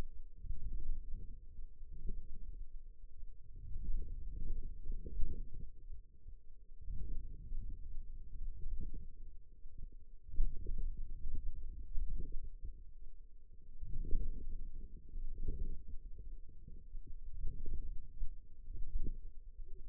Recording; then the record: forearm muscle sounds (acoustic myography)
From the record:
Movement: outward rotation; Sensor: system 2, bracelet of six BSWA MPA416 microphones around the upper forearm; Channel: 3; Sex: female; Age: 21 years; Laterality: right